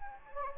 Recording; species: mosquito wingbeat signal from an infrared sensor; Anopheles gambiae